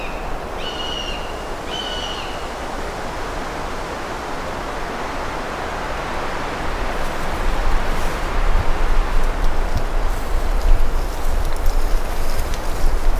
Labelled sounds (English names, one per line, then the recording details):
Common Buzzard call
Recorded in the wild
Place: Bernau bei Berlin, Probstheide, Brandenburg, DE
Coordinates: 52.7092, 13.5089
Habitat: coniferous forest
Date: 2007-07-08 13:33
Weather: wechselnd bewölkt, ca. 20°C, mäßiger Wind
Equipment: Sound Devices 702, Sennheiser MKH 416 T, Windkorb
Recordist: Frommolt, Karl-Heinz